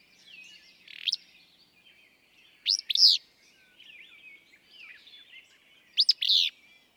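Willow flycatcher delivers sneezy two-part buzzes at irregular intervals, with low bird chatter in between.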